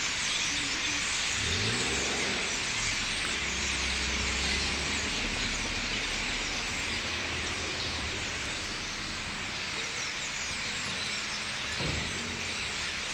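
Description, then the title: Common starlings chattering en masse in a steady high-pitched din, while a vehicle engine rumbles low underneath and a car passes early on. Thousands gathering in trees at night; roost at 4 Rue des Prisons, Limoges, France; recorded with Sony PCM-M10 internal microphones. "4 Rue des Prisons, Limoges, France - Starlings - étourneaux"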